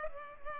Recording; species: mosquito wingbeat signal from an infrared sensor; Culex pipiens